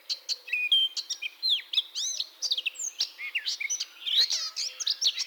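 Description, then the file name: Eurasian blackcap song, a lively rush of slurred whistles and scratchy notes. "baratposzata"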